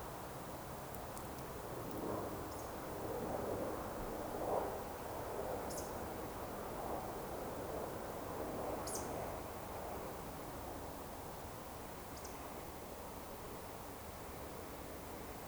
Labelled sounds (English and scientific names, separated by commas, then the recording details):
Eurasian Woodcock (Scolopax rusticola)
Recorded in Baden-Württemberg, Germany, on 30 June 2020 at 20:18 UTC
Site 43791, 788 m above sea level